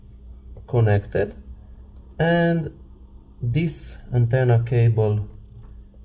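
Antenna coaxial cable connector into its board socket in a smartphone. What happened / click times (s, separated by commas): Handled, not yet home: the antenna cable connector has not clicked in / none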